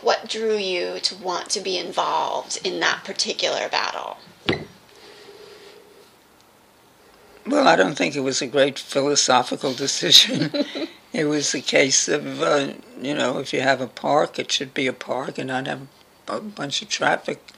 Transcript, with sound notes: Like what drew you to want to be involved in that particular battle?
Well, I don’t think it was a great philosophical decision. [laughter] It was the case of, you know, if you have a park, it should be a park and not have a bunch of traffic,